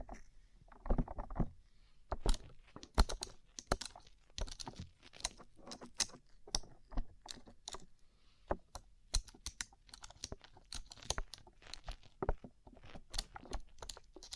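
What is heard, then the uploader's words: Rhinestone-covered surfaces are tapped in quick, uneven bursts of sharp clicks, much like rapid typing on a keyboard. The taps come several per second with brief pauses between clusters, each one a crisp, bright tick over a quiet background, continuing steadily for the whole clip. ASMR Rhinestone Covered Tapping 3Dio (No Talking).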